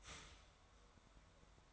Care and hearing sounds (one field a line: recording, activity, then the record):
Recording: daily activity, microphone in the room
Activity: start toaster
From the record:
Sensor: 3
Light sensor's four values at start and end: 4/10/4/4 and 4/10/4/4